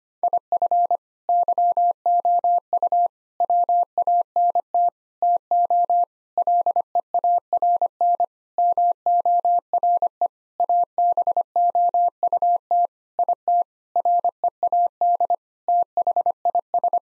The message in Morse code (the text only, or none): IF YOU WANT TO LEARN MORE ABOUT IT READ THIS